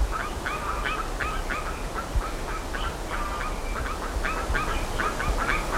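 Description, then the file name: Bird calls: clusters of short, rough, stacked notes in rapid bursts, broken by a few longer ringing notes, against strong low-frequency background noise. "SABIOD 50 bird 2015"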